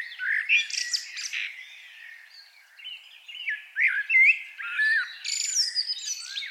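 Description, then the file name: Eurasian blackbird song, a run of warbled fluty phrases broken by a pause, then high squeaky twitters. "Turdus merula"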